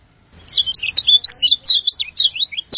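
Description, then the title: Bird song: a fast, high warbling run of twisting, whistled notes that starts after a short silence, with a sharp click at the end. "burung online"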